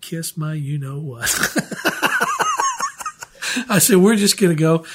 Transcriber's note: laughs